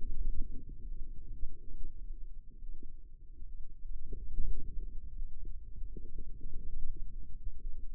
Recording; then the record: forearm muscle sounds (acoustic myography)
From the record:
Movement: radial deviation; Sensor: system 2, bracelet of six BSWA MPA416 microphones around the upper forearm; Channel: 2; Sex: female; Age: 25 years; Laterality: right